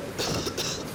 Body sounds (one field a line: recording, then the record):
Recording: coughing mixed with background sound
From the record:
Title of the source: November cold (wet coughing)